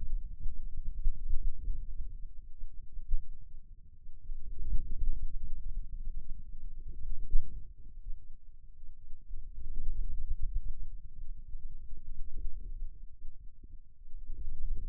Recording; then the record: forearm muscle sounds (acoustic myography)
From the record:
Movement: wrist flexion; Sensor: system 2, bracelet of six BSWA MPA416 microphones around the upper forearm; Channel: 1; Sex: male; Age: 22 years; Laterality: right